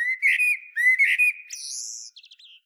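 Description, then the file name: Eurasian blackbird giving mellow fluted notes twice, then a high, thin squeaky flourish that ends in a few quick ticking notes. "Turdus merula"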